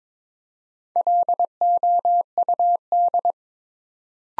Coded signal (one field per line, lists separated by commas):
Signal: Morse code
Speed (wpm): 22 wpm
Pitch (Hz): 700 Hz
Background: none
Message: LOUD